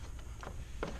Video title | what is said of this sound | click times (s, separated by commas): Removing Tilt & Turn Thermal Panel | then your hinge, you'll have to move it till it locks into place. | 0.4 s, 0.8 s